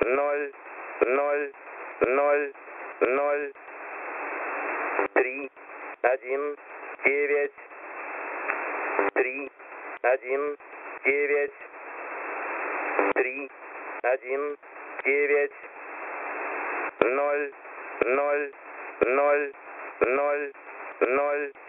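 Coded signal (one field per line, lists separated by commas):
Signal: numbers station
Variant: S06 Russian Man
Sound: male voice reading single digits in short evenly spaced groups, hiss between words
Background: radio static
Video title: S06 Russian Man 02/12/2022 2000 UTC 5457kHz Windows XP Closing Sound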